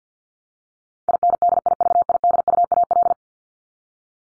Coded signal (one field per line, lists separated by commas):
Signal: Morse code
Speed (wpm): 50 wpm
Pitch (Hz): 700 Hz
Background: none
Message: INDIVIDUAL